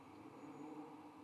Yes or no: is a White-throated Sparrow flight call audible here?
no